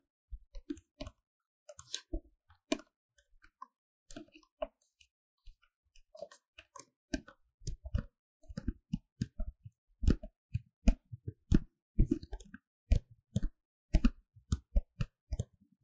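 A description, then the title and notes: Paper cup sounds made of short, dry taps, clicks and crinkles, with no steady background beneath them. The sounds start sparse and irregular with pauses, then grow denser and more rhythmic after about six seconds, with sharper, louder taps continuing to the end. 紙杯觸發 | Paper Cup triggers | NoTalking.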